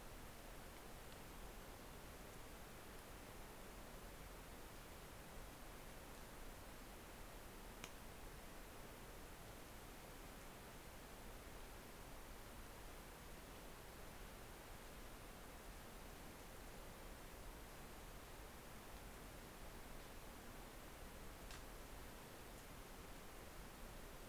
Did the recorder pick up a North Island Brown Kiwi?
no